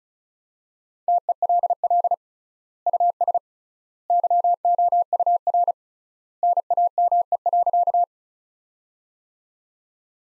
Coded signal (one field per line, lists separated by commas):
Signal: Morse code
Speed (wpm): 36 wpm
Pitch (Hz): 700 Hz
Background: none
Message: TELL US YOUR NAME.